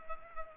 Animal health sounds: mosquito wingbeat signal from an infrared sensor; Culex pipiens

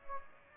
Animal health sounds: mosquito wingbeat signal from an infrared sensor; Aedes aegypti

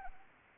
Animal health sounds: mosquito wingbeat signal from an infrared sensor; Anopheles arabiensis

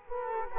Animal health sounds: mosquito wingbeat signal from an infrared sensor; Culex quinquefasciatus

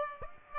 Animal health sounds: mosquito wingbeat signal from an infrared sensor; Aedes aegypti

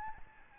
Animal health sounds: mosquito wingbeat signal from an infrared sensor; Aedes albopictus

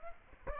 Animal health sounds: mosquito wingbeat signal from an infrared sensor; Aedes aegypti

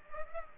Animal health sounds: mosquito wingbeat signal from an infrared sensor; Culex pipiens

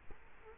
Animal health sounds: mosquito wingbeat signal from an infrared sensor; Culex quinquefasciatus

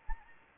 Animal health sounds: mosquito wingbeat signal from an infrared sensor; Anopheles gambiae

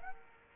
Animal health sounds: mosquito wingbeat signal from an infrared sensor; Aedes aegypti

